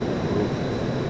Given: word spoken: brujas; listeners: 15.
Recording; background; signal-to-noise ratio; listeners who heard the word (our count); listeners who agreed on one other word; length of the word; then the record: one Spanish word in noise, from a listening test; speech-shaped noise; -6.0 dB; 0 of 15; 6 of 15; 0.70 s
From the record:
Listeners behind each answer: 6, 1, 1, 1, 1, 1, 1, 1, 1, 1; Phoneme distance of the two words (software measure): 7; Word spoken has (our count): 2 syllables, 6 phonemes, stress on syllable 1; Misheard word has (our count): 2 syllables, 5 phonemes, stress on syllable 1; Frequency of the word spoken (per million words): 6.05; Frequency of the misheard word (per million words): 5.41